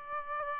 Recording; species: mosquito wingbeat signal from an infrared sensor; Aedes albopictus